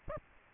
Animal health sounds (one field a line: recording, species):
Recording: mosquito wingbeat signal from an infrared sensor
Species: Aedes aegypti